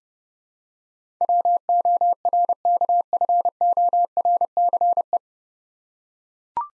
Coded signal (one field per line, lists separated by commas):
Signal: Morse code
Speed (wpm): 30 wpm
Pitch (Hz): 700 Hz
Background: none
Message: WORKFORCE